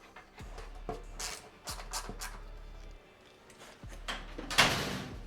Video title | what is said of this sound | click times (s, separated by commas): Getting the 5 Cylinder Miata Road ready! | and the top one which just slides on right there and clicks into place | 4.6 s